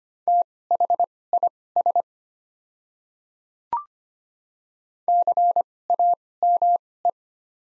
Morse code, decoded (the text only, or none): THIS CAME